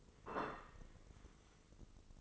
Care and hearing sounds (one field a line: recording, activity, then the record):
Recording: daily activity, microphone in the room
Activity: place plate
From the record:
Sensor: 4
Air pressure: 996.0 hPa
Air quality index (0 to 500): 61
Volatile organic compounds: 2 ppm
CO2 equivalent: 1083 ppm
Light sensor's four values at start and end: 13/37/13/14 and 13/37/13/14